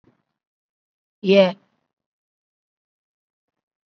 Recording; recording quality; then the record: sustained vowel as in made; excellent, no background noise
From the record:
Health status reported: COVID-19 positive, moderate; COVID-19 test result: positive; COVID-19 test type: RT-PCR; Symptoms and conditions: cough, cold, breathing difficulty, fever, fatigue, muscle pain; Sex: female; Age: 74 years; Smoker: no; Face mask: not worn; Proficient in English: no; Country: India